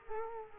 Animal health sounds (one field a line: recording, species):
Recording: mosquito wingbeat signal from an infrared sensor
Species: Culex quinquefasciatus